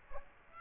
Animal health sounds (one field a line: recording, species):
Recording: mosquito wingbeat signal from an infrared sensor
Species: Aedes aegypti